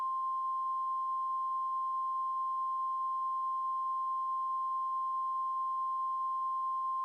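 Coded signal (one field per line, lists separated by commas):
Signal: Emergency Alert System (SAME) tones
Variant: 1050 Hz attention tone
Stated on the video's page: Fictional EAS scenario about a blizzard.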